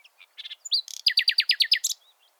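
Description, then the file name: Common nightingale song phrase: a few soft notes lead into about eight loud, sharply descending notes delivered quickly, ending on a harsh buzzy note. "Luscinia megarhynchos"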